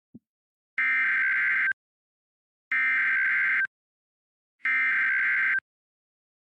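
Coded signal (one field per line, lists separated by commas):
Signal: Emergency Alert System (SAME) tones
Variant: header bursts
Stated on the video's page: Fictional EAS scenario.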